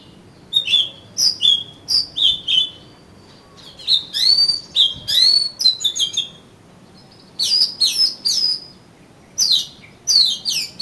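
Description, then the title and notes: Oriental magpie-robin singing a long varied series of clear whistles, falling slurs and quick chattering runs, in sections separated by short pauses. "suara kacer. kumpulan suara burung kacer"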